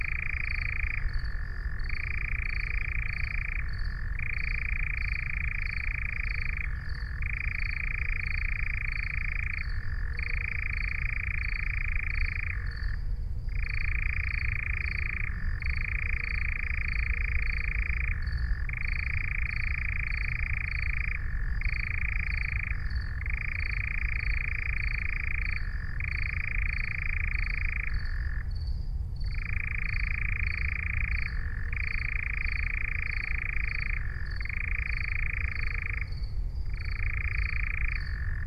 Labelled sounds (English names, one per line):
Eurasian Nightjar song